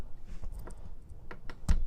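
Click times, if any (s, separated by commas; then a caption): 1.3 s, 1.5 s. A metal axle's stub shaft is pushed through the bearing in the rear hub carrier of a Haiboxing Hailstorm RC car, with faint ticks and scraping at first. It pops into place with two sharp clicks at about 1.3 s and 1.5 s, followed by another knock near 1.7 s, and the shaft is seated.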